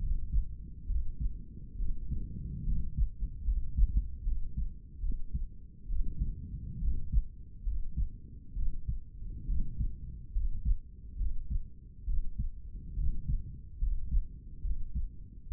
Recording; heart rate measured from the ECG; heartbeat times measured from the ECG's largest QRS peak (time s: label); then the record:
heart sounds by stethoscope; 70 bpm
0.02 s: heartbeat
0.89 s: heartbeat
1.79 s: heartbeat
2.67 s: heartbeat
3.47 s: heartbeat
4.26 s: heartbeat
5.03 s: heartbeat
5.90 s: heartbeat
6.83 s: heartbeat
7.66 s: heartbeat
8.57 s: heartbeat
9.49 s: heartbeat
10.36 s: heartbeat
11.20 s: heartbeat
12.08 s: heartbeat
12.98 s: heartbeat
13.82 s: heartbeat
14.64 s: heartbeat
15.51 s: heartbeat
From the record:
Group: healthy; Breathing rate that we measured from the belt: 18 breaths a minute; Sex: male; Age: 30 years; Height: 188 cm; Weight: 110.2 kg